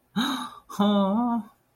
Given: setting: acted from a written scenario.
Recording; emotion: vocal sound without words; adoration